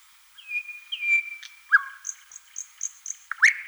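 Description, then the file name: Thrush nightingale song: two sliding whistles, a sharp drop, then a series of short, even high pips ending in loud, harsh notes. "solovey obyknovennyy golos"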